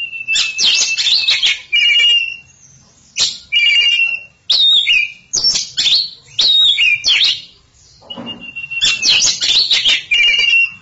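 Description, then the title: Oriental magpie-robin song in separated bursts: long clear whistles, rapid trilled notes and sharp twittering phrases, with short silences between outbursts. Champion singing bird. "Kicau Burung Kacer Juara"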